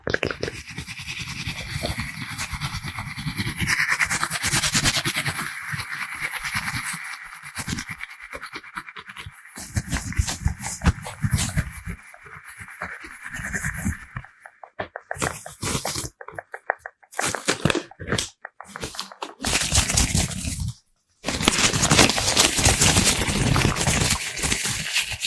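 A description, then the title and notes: Fast, aggressive ASMR with mouth sounds: dense, rapid wet clicks and scratchy rustling, crisp. The rhythm turns choppy after the midpoint, with brief pauses, a short silence near 21 seconds, then the quick clicking resumes. FAST AND AGGRESSIVE ASMR(with Mouth Sounds).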